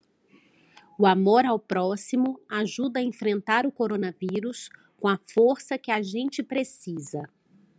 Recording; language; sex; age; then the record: spoken sentence; Brazilian Portuguese; female; 30 to 39 years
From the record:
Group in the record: control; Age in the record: 38 years